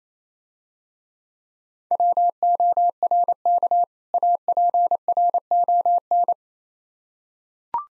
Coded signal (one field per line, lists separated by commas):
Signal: Morse code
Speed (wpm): 28 wpm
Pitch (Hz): 700 Hz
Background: none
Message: WORK APRON